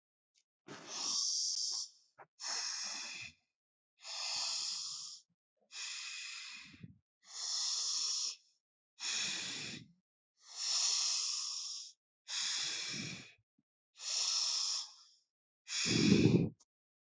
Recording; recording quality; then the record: deep breathing; excellent, no background noise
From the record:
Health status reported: healthy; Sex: female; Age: 20 years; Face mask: not worn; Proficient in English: yes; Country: India